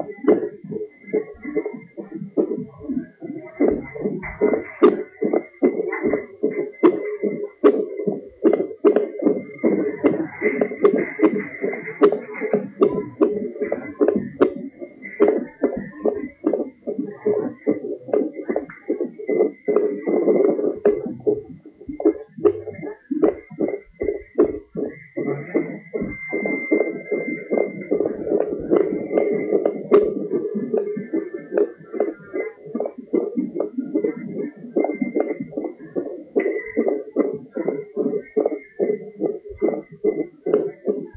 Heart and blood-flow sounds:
fetal heart sounds by stethoscope on the mother's abdomen
0.00-10.00 s: 148 bpm
10.00-20.00 s: 153 bpm
20.00-30.00 s: 150 bpm
30.00-40.00 s: 148 bpm
From the record:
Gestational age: 40 weeks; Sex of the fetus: boy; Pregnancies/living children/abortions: 1/0/0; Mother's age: 28 years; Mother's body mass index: 32.6

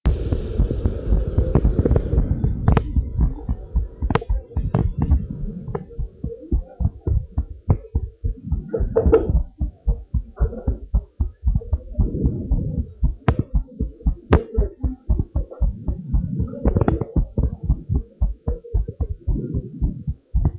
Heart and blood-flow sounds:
heart sounds of a pregnant woman by stethoscope
no fetal heartbeat
From the record:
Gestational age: 38 weeks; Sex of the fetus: boy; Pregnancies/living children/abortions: 2/1/0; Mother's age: 35 years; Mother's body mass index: 33.8

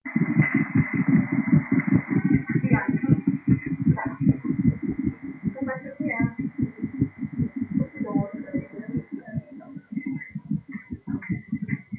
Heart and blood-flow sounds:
fetal heart sounds by stethoscope on the mother's abdomen
0.00-10.00 s: 146 bpm
From the record:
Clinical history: monitored after previous abortions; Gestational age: 35 weeks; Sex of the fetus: girl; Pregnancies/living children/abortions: 4/1/2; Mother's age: 36 years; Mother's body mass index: 30.9

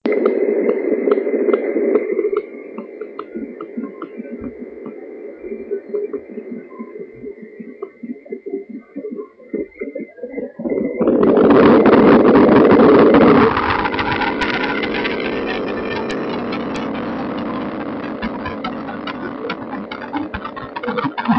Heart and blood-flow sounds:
fetal heart sounds by stethoscope on the mother's abdomen
0.00-10.00 s: 132 bpm
10.00-20.00 s: 136 bpm
From the record:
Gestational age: 39 weeks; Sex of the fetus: boy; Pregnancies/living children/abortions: 1/0/0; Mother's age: 22 years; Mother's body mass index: 34.0

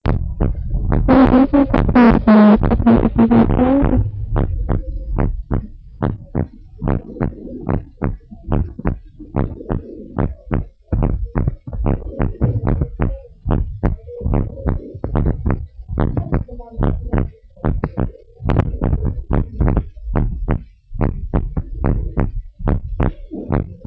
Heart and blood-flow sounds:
heart sounds of a pregnant woman by stethoscope
no fetal heartbeat
From the record:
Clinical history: preeclampsia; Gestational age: 34 weeks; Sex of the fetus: boy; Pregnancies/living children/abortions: 1/0/0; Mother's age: 25 years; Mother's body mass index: 26.3

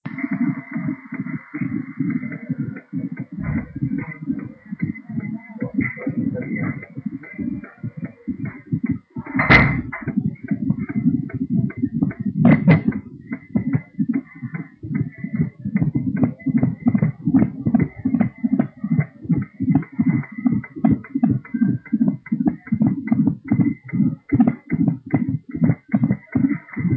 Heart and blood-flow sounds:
fetal heart sounds by stethoscope on the mother's abdomen
0.00-10.00 s: 132 bpm
10.00-20.00 s: 148 bpm
20.00-26.97 s: 150 bpm
From the record:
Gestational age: 40 weeks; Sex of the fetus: girl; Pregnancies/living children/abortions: 2/1/0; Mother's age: 30 years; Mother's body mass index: 27.2

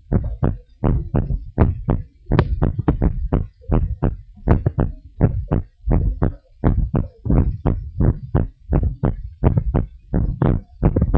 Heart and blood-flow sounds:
heart sounds of a pregnant woman by stethoscope
no fetal heartbeat
From the record:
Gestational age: 30 weeks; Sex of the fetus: boy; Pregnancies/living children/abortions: 1/0/0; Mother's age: 23 years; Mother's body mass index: 28.3

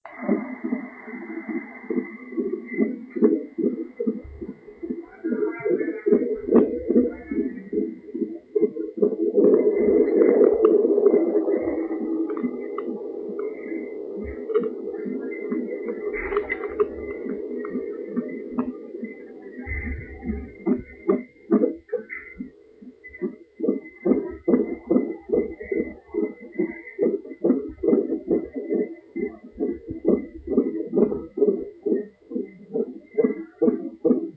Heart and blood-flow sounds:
fetal heart sounds by stethoscope on the mother's abdomen
0.00-10.00 s: 144 bpm
10.00-20.00 s: 138 bpm
20.00-30.00 s: 142 bpm
30.00-34.37 s: 139 bpm
From the record:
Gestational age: 38 weeks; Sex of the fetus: girl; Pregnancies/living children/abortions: 2/1/0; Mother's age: 27 years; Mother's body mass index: 38.1

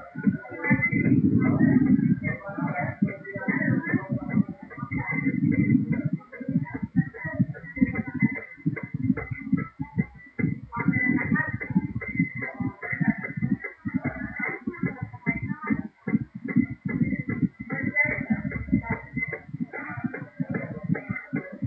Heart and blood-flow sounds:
fetal heart sounds by stethoscope on the mother's abdomen
0.00-10.00 s: 150 bpm
10.00-20.00 s: 135 bpm
From the record:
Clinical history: epilepsy, hypothyroidism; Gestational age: 37 weeks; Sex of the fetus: girl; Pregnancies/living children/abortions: 2/1/0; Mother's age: 27 years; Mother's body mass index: 31.6

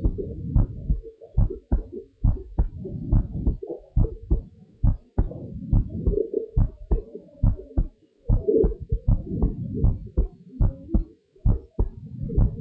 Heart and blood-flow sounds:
heart sounds of a pregnant woman by stethoscope
no fetal heartbeat
From the record:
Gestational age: 40 weeks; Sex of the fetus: boy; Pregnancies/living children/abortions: 3/2/0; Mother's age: 33 years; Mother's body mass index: 35.0

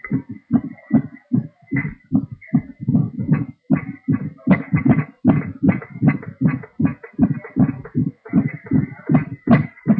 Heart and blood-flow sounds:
fetal heart sounds by stethoscope on the mother's abdomen
0.00-10.00 s: 156 bpm
From the record:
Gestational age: 32 weeks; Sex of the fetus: twin girls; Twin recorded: right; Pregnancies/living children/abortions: 1/0/0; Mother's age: 20 years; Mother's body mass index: 25.0

